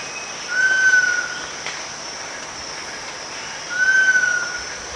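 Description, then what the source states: Giant pitta call: two drawn-out, slightly falling whistles about three seconds apart, over a steady high insect hiss. Recorded at Danum on 1 August 2009.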